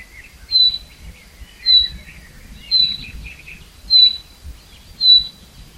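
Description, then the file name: Common chaffinch giving a short, high whistled note about once a second, over low background noise. "Fringilla coelebs"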